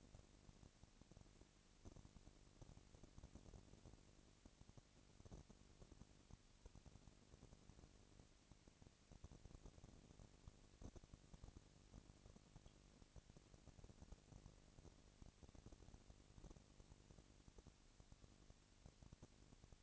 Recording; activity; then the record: daily activity, microphone in the room; no activity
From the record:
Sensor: 4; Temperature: 22.4 degrees Celsius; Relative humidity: 31.9%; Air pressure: 997.9 hPa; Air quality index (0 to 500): 203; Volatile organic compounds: 17 ppm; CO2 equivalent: 2572 ppm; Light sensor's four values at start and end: 2/3/1/1 and 2/3/1/1